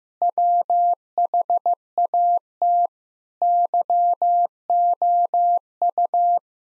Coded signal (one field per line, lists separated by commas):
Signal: Morse code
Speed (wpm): 15 wpm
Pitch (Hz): 700 Hz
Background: none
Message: WHAT YOU